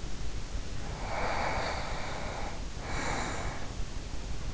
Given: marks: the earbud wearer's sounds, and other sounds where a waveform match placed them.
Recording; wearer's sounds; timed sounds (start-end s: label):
sounds in sleep by an in-ear microphone; breath
0.78-3.77 s: breath